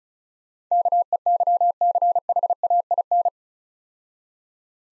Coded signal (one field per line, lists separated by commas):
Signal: Morse code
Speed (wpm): 35 wpm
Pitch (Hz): 700 Hz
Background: none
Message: KEYCHAIN